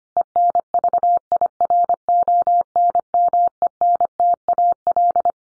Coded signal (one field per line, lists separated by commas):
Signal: Morse code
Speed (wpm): 25 wpm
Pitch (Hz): 700 Hz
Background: none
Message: ENVIRONMENTAL